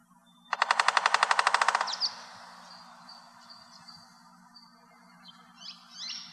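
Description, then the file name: American three-toed woodpecker drumming as a fast, even roll of around fifteen strikes lasting just over a second, followed by thin high bird calls and a low background hum. "TTWO Drum Coons"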